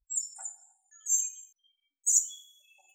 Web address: Muscicapa striata